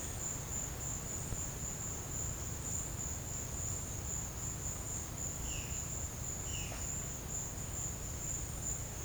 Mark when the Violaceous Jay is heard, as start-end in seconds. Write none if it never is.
5.25-6.83